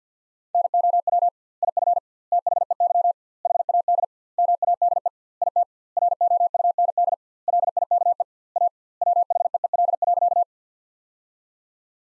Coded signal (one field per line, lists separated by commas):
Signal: Morse code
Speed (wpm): 50 wpm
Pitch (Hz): 700 Hz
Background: none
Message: NOW IF THEY HAD MADE IT ROUND LIKE A WHEEL.